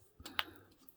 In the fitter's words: looks like it's popped into place